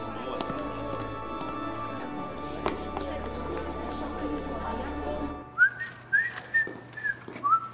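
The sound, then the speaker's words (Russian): Someone whistles a short, bright tune of several clear notes that rise and fall, coming in after about five seconds of steady, busy background noise. “Не свисти, денег не будет.”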